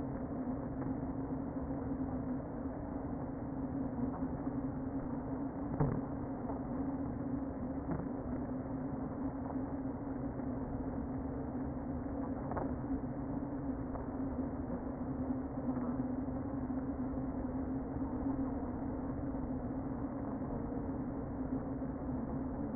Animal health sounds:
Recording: honeybee colony, microphone inside the hive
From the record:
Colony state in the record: queen present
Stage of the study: before two queens were removed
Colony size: about 60,000 bees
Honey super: yes

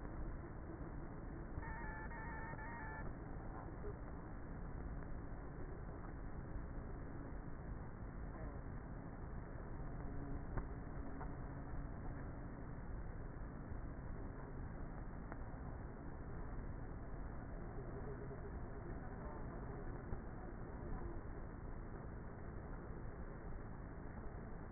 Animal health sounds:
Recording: honeybee colony, microphone inside the hive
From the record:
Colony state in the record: queenless with a low population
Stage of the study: before two queens were removed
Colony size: about 30,000 bees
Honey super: no

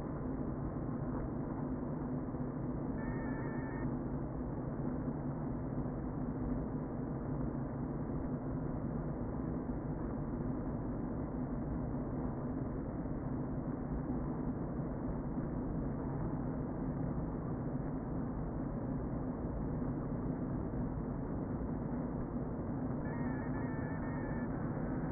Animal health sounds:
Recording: honeybee colony, microphone inside the hive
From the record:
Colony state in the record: queen present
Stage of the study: before two queens were removed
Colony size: about 60,000 bees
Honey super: yes

